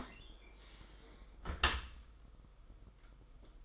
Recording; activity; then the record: daily activity, microphone in the room; close dishwasher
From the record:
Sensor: 5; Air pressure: 991.5 hPa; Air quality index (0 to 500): 112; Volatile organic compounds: 30 ppm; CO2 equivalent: 2957 ppm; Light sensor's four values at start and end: 39/124/47/50 and 38/122/46/50